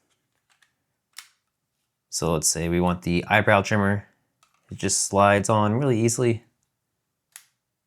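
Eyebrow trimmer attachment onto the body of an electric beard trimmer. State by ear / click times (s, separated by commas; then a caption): seated / 7.4 s. A plastic eyebrow trimmer head is slid onto the body of a Braun Series 5 5471 electric beard trimmer while someone talks. A few faint ticks come early, then one sharp click at 7.4 s as the attachment seats firmly in place.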